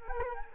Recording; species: mosquito wingbeat signal from an infrared sensor; Culex quinquefasciatus